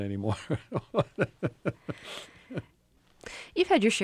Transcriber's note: laughter